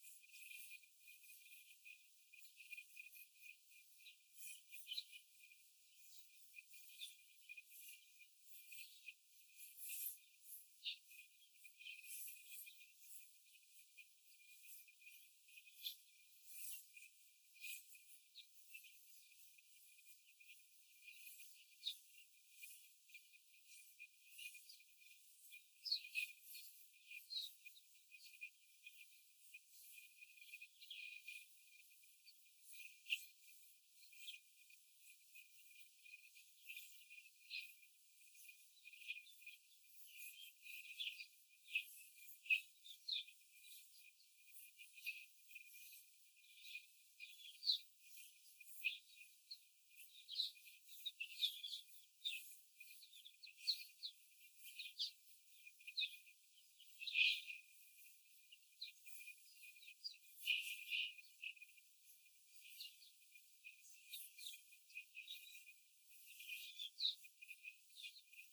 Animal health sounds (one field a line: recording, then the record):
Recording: young laying hens in a cage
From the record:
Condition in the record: after the stressor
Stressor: simulated dog barking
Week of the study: 4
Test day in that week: 1